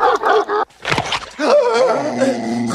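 A dog growls in rough, rumbling bursts, then a long wavering snarl that rises and falls in pitch, loud and with no talking over it.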